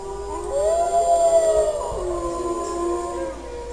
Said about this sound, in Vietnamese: Liền ngay sau đó, nghìn vạn con sói cùng hòa giọng hú lên, âm hưởng chấn động cả trời xanh.